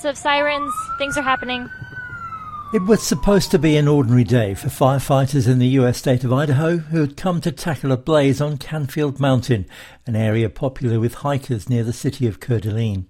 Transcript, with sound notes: "Lots of sirens. Things are happening." [SOUND EFFECT: SIRENS] It was supposed to be an ordinary day for firefighters in the US state of Idaho, who had come to tackle a blaze on Canfield Mountain, an area popular with hikers near the city of Coeur d'Alene.